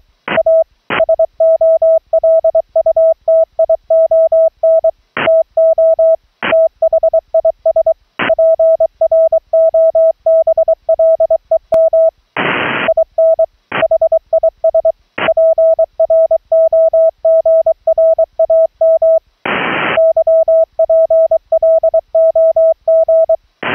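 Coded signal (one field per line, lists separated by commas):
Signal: Morse code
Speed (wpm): 23 wpm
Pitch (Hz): 650 Hz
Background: none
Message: A SOLUTION TO THIS PROBLEM IN HIS PROGRAM YPLOG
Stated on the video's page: CW audio sent from a remote laptop over a low-latency wired LAN audio-over-IP link, heard from the rig's transmit monitor.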